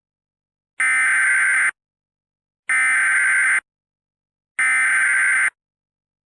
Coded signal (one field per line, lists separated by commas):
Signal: Emergency Alert System (SAME) tones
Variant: header bursts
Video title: EAS Mock - The 2016 Microsoft Bombing